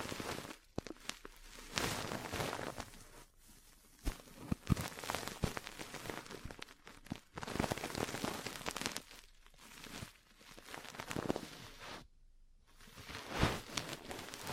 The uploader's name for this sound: Ear Cleaning, Massage, Cupping, Tapping